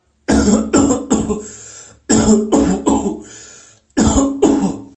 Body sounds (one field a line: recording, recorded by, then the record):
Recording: voluntary cough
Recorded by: messaging app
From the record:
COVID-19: negative